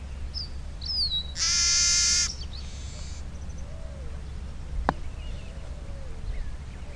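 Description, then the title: Bird song: a few thin high whistles, then a loud harsh buzzy note with rich harmonics, a softer buzz, and gentle sliding low whistles over steady background hum. "LuckyPassaro Completos2Sama"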